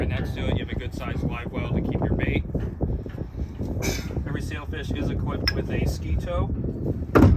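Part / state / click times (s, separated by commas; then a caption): retractable ski tow pole in its deck socket on a boat / seated / 7.2 s. On a 2022 Sailfish 245 DC boat, the retractable stainless ski tow pole is raised from its deck socket while someone talks. The pole locks into its extended position with a sharp metallic clunk at 7.2 s.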